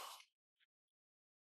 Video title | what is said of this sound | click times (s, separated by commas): Mythic Legions: All-Stars 2025 Review | I'm not getting this thing to like really snap. | none